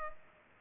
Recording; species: mosquito wingbeat signal from an infrared sensor; Culex pipiens